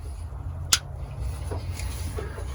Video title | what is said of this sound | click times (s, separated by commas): How to change fuel pump on 1997 dodge 1500 5.9 gas 2WD | So the plug should just click right in there, right? Yeah. | 0.7 s